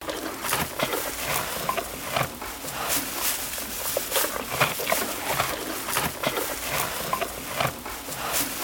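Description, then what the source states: Roe deer grazing: steady crisp tearing and crunching sounds running throughout, with no calls. Eating grass.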